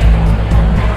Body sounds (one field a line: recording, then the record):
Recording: background sound without coughing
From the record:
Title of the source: Party Noise 1 Hour Party Ambience